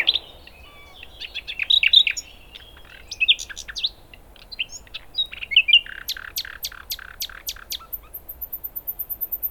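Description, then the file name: Common nightingale song, rapid chirps and whistled notes, ending in a long series of repeated sharp notes. "Luscinia megarhynchos"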